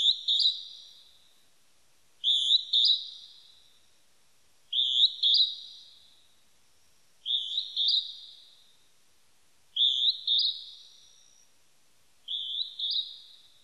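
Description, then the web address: Northern hawk-cuckoo calling steadily, a piercing two-syllable phrase with an upward lift, repeated six times about every two and a half seconds in a quiet setting. Recorded 23 May 1998. "1998 980523 jyuuiti"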